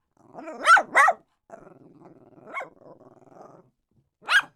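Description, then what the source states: Dog giving two loud barks, then a low rumbling growl with a short bark inside it, and a final sharp bark after a brief silence. Small dog barking.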